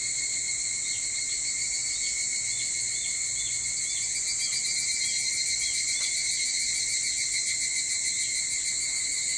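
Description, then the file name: Evening cicadas producing a constant piercing drone. Recorded 22 July 2023 at 04:40. "higurashi 230722 0440"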